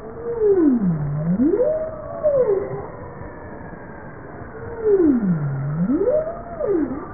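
Bowhead whale moans: two repeated calls, each dipping low then rising and wavering before falling again, about four seconds apart, over steady low underwater noise.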